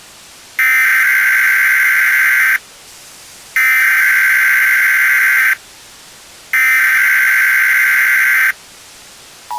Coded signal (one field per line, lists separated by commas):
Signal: Emergency Alert System (SAME) tones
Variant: header bursts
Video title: EAS Scenario 3 - Energy In Motion